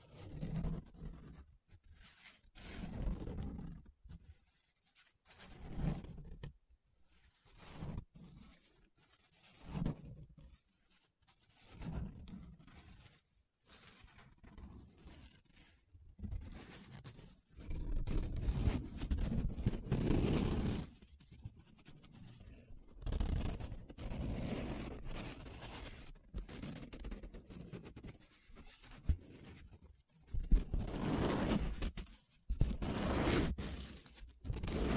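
Paper being scratched and rubbed in short bursts for the first half, then longer, denser, rougher rubbing strokes with brief pauses.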